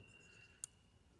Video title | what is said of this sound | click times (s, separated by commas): Got the Safety Fixed on Crosman 1322 Flying Can Ranch | you can hear it clicking just a little bit | 0.6 s